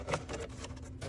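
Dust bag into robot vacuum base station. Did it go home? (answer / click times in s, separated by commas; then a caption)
no / none. A new dust bag, held by its tab, is lined up with the guides and pushed into the base station of an ECOVACS Deebot X9 robot vacuum. Soft handling rustles are heard, with brief knocks near 0.6 s and 1.0 s. Nothing has seated or clicked yet.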